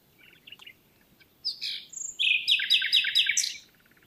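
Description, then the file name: Common nightingale song, opening with quiet chirps, then louder notes and a loud, fast run of repeated harsh notes. "Luscinia megarhynchos"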